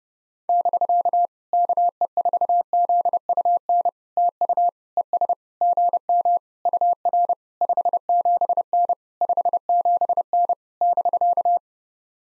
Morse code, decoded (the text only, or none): <BK> KE4ZUN TU ES GM UR 57N 57N <BK>